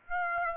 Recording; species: mosquito wingbeat signal from an infrared sensor; Aedes aegypti